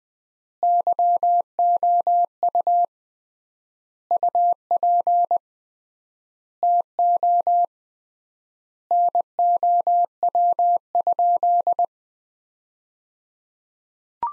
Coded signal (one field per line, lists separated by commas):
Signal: Morse code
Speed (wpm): 20 wpm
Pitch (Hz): 700 Hz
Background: none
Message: YOU UP TO NOW?